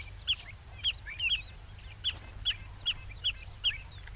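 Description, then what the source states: Lesser Yellowlegs calls: short clear whistled notes at an even pitch, some doubled, repeated in a steady series over a low steady hum. Characteristic short call of one or two notes, described as a sweet song, played on the radio to introduce the species.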